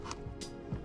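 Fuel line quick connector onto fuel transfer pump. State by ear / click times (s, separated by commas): not seated / none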